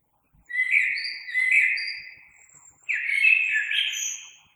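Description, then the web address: Common blackbird with two mellow, fluting song phrases, each topped by thin high twitters, separated by a brief pause. Recorded 3 March 2020. "oiseaux Merle 2020 03 03"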